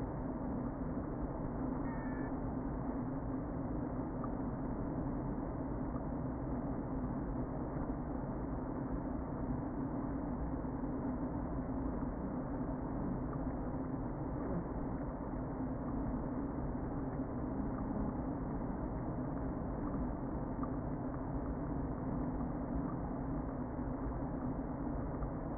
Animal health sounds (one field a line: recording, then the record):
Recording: honeybee colony, microphone inside the hive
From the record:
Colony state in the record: queen present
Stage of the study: before two queens were removed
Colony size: about 60,000 bees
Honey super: yes